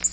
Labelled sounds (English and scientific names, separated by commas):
Black-throated Green Warbler (Setophaga virens) flight call